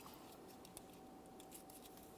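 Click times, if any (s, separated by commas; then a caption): none. A plastic electrical connector for the knock sensor on a 2014-2018 Mazda 3 2.0L L4 engine is lined up by its locking tab and handled toward the sensor socket. Faint, brief ticks of handling come at about 0.7, 0.8, 1.4 and 1.7 seconds over a steady low hum and hiss. Nothing has seated or clicked yet.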